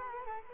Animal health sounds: mosquito wingbeat signal from an infrared sensor; Culex quinquefasciatus

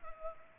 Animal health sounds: mosquito wingbeat signal from an infrared sensor; Culex pipiens

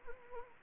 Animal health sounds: mosquito wingbeat signal from an infrared sensor; Anopheles arabiensis

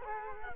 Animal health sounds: mosquito wingbeat signal from an infrared sensor; Culex quinquefasciatus

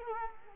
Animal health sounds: mosquito wingbeat signal from an infrared sensor; Culex quinquefasciatus

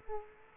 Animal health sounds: mosquito wingbeat signal from an infrared sensor; Culex quinquefasciatus

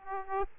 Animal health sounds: mosquito wingbeat signal from an infrared sensor; Aedes aegypti

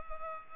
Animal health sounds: mosquito wingbeat signal from an infrared sensor; Culex pipiens

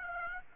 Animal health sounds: mosquito wingbeat signal from an infrared sensor; Aedes aegypti

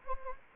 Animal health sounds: mosquito wingbeat signal from an infrared sensor; Anopheles gambiae

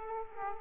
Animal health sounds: mosquito wingbeat signal from an infrared sensor; Aedes aegypti

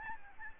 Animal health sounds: mosquito wingbeat signal from an infrared sensor; Aedes albopictus

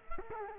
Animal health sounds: mosquito wingbeat signal from an infrared sensor; Culex quinquefasciatus

